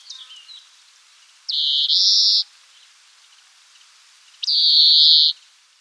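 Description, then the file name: European greenfinch wheezing calls: two long buzzy, nasal notes, each about a second and stepping up slightly in pitch, about three seconds apart, with faint twittering at the start. "Chloris chloris"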